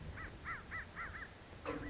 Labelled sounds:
American Crow (Corvus brachyrhynchos)
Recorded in Sonoma County, California

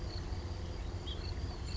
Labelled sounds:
House Finch (Haemorhous mexicanus)
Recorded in Sonoma County, California

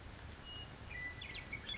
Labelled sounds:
Western Meadowlark (Sturnella neglecta)
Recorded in Sonoma County, California

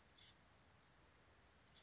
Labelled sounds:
Chestnut-backed Chickadee (Poecile rufescens)
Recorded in Sonoma County, California

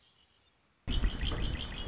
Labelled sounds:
Red-winged Blackbird (Agelaius phoeniceus)
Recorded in Sonoma County, California

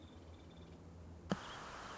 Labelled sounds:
Nuttall's Woodpecker (Dryobates nuttallii)
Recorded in Sonoma County, California

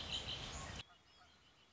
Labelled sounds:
Red-winged Blackbird (Agelaius phoeniceus)
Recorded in Sonoma County, California

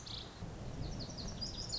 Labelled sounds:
Lazuli Bunting (Passerina amoena)
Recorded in Sonoma County, California

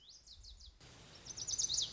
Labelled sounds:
Lazuli Bunting (Passerina amoena)
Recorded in Sonoma County, California

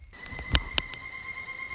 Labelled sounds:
Pileated Woodpecker (Dryocopus pileatus)
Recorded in Sonoma County, California

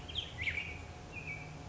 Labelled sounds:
Black-headed Grosbeak (Pheucticus melanocephalus)
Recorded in Sonoma County, California

